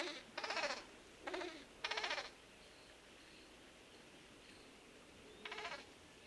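Bay-breasted Cuckoo calling with three rough, bleating notes in quick succession, then a pause of about three seconds before a fourth similar grating call.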